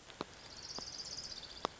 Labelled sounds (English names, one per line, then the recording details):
Orange-crowned Warbler
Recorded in Sonoma County, California